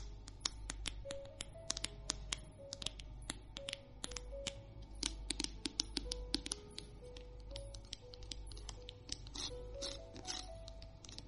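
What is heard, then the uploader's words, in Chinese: Long fingernails tap and click on objects in a quick, irregular stream of sharp ticks, several per second throughout. Faint short tones drift in the middle range between taps, over a steady low hum underneath. 减压长指甲敲击物品音。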